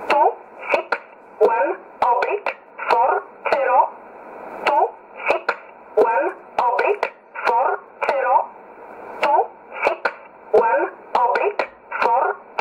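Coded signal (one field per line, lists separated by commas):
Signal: numbers station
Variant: E11 Oblique, English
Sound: a voice reading short single words at a steady rhythm over radio, with clicks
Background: radio static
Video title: 15 06 2020 E11 Oblique Numbers station in English 0746 on 9610 unknown tx site in USB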